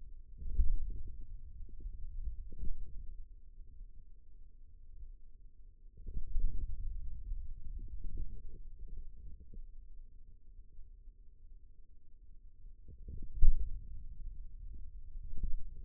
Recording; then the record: forearm muscle sounds (acoustic myography)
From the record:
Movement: pen grasping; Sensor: system 2, bracelet of six BSWA MPA416 microphones around the upper forearm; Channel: 3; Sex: male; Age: 22 years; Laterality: right